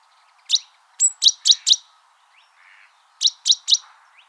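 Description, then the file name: Great tit calls: a single sharp high note, then two bursts of three sharp, high ticking notes, the first led by a brief thin whistle, with a quiet pause between. "Parus major"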